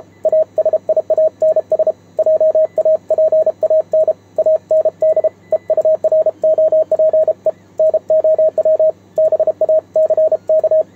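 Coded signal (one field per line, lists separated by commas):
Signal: Morse code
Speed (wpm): 32 wpm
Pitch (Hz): 630 Hz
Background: radio noise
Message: ASIANS JAPAN AND EUROPE NOW BACK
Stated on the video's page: Morse keyed on a homemade 3D-printed single-lever paddle during a contact with Japan on 28 MHz.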